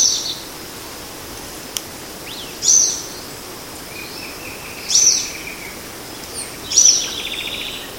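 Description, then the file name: Social flycatcher repeating sharp, high, scratchy calls about every two seconds against a soft background hiss. Guarau, São Paulo, Brazil. "Myiozetetes-similis-Guarau SP-BR. ASilveira"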